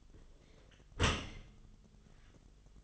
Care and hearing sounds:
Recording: daily activity, microphone in the room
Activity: close dishwasher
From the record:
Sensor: 4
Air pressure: 1005.6 hPa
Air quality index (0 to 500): 112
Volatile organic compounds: 3 ppm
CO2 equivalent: 1393 ppm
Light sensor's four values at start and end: 11/24/10/10 and 11/26/10/10

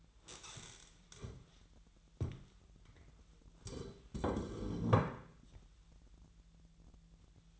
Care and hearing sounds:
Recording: daily activity, microphone in the room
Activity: stand up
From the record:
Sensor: 3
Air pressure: 1001.8 hPa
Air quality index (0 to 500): 249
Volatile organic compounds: 133 ppm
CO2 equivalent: 3945 ppm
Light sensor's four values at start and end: 9/21/9/9 and 7/15/7/7

